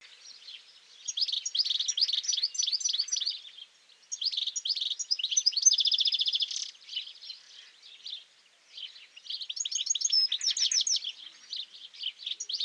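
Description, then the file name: European goldfinch song: lively phrases of tinkling twitters and buzzy trills, delivered in three bursts separated by short pauses. "Carduelis carduelis"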